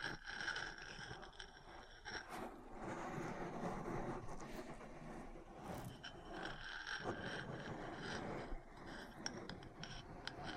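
Metal parts tap and scratch against each other in a dense, continuous clatter that runs the full length without a pause. Sharp bright clicks stand out around two, five to six, and nine seconds over a rough, grinding scrape with a low rumble beneath.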